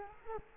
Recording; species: mosquito wingbeat signal from an infrared sensor; Culex quinquefasciatus